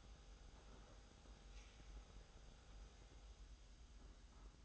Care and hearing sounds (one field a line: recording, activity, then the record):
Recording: daily activity, microphone in the room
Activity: make coffee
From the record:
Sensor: 3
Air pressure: 991.7 hPa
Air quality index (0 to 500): 181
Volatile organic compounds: 1000 ppm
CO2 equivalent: 6039 ppm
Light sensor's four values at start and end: 41/118/48/42 and 41/118/48/42